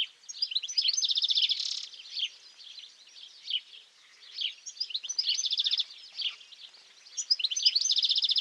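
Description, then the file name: European goldfinch singing busy twittering phrases, with short buzzy rattles repeated several times throughout. "Carduelis carduelis"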